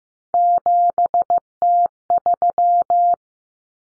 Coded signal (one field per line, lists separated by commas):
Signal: Morse code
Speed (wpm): 15 wpm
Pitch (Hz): 700 Hz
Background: none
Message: 7T3